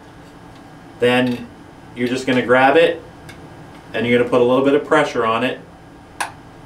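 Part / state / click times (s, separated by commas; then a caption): arrow nock onto crossbow string / seated / 6.2 s. Someone talks while an arrow, lined up with the V of a Ravin R29 crossbow, is pushed back with light pressure. At 6.2 s a short, sharp click sounds as the arrow nock clicks onto the crossbow string, and the arrow is seated.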